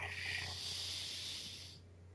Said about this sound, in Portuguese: Respirando.